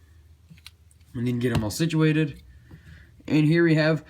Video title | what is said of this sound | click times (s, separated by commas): Transformers Combiner Wars (Deluxe) - BRAWL Review | then grab that post, or that little thing right there, and bring his head up until it clicks, and | 0.7 s